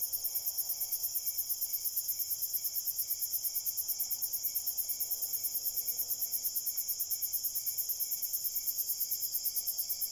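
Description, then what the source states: Crickets keep up a brisk, rhythmic high chirping over a shrill, unbroken background buzz. Crickets at night in a cornfield.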